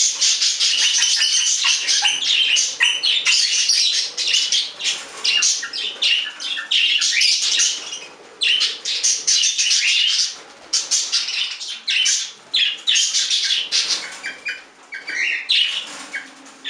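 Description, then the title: Budgerigar chatter, a dense, continuous stream of scratchy warbles, clicks and squawks, high-pitched and busy, with brief pauses near eight and ten seconds. "Budgie Sounds"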